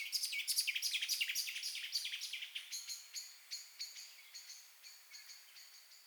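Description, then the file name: Common blackbird giving a rapid series of sharp, clicking chack notes, fast at first and gradually slowing and fading over about six seconds. "Turdus merula"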